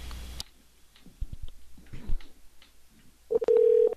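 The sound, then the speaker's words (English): A few soft clicks and taps of a phone being dialed, then a steady, mid-pitched ringing tone starts near the end and holds. No one speaks. “Okay, let's call this number.”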